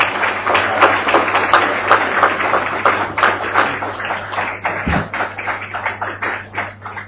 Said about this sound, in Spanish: Los recibimos con un caluroso aplauso.